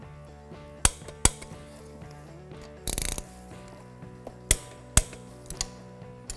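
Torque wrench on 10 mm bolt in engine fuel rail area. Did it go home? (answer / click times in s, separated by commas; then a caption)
yes / 0.8 s, 1.2 s, 4.5 s, 5.0 s. A torque wrench with a 10 mm socket, set to 19 ft-lb, tightens a bolt in the fuel rail area of the engine on a 2003–08 Mazda 6 L4 2.3L (non-turbo) during knock sensor replacement. Sharp wrench clicks sound at 0.9 s, 1.3 s, 4.5 s and 5.0 s, with a short rattling burst near 2.9 s and a lighter tick around 5.6 s. The wrench reaches its set torque.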